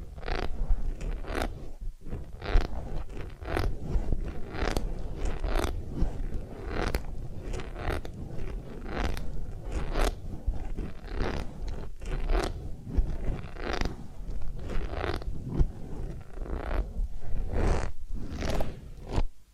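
Massage and ear-cleaning sounds: a continuous run of soft scraping and rubbing strokes, dense and fairly regular, several per second. Short crisp brushing bursts stand out over a low rumbling bed, with brief dips around 2 and 12 seconds.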